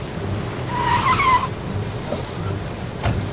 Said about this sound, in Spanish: y de repente llegaron dos autos al lugar.